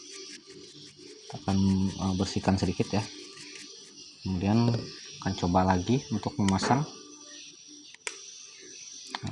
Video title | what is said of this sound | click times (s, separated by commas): Kalau di cas bergetar..dn mesin hidup..layar tidak tampil | pastikan ee untuk bagian soket-soketnya sampai bunyi tek seperti itu ya, agar | 8.1 s, 9.1 s